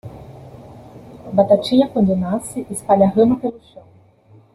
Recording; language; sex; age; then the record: short text; Brazilian Portuguese; female; 30 to 39 years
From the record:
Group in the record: control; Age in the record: 34 years